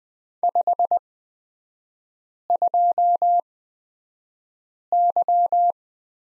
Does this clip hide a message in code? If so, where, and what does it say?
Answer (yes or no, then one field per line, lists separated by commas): yes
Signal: Morse code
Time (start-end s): 0.4-5.7 s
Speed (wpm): 20 wpm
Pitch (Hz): 700 Hz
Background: none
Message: 52Y